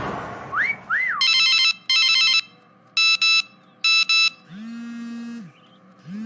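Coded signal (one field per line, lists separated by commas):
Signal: Morse code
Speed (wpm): 19 wpm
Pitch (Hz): 2650 Hz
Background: none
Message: HH M M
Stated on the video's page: Morse code sound effect from the game The Adventures of Layton.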